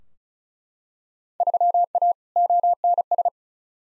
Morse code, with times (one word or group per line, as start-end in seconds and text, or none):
1.4-2.1 3A
2.4-3.3 ONS